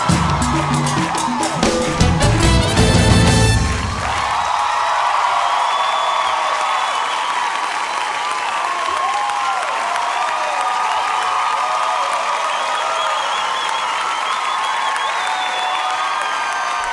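After a few seconds of music that breaks off, a large crowd keeps up loud, steady applause and cheering, with high whoops and whistles rising above the clapping until the end.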